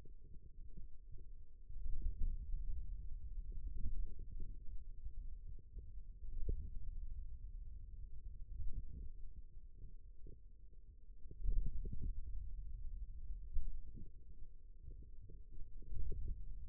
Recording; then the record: forearm muscle sounds (acoustic myography)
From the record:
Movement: pen grasping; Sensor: system 2, bracelet of six BSWA MPA416 microphones around the upper forearm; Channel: 3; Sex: male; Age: 22 years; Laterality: right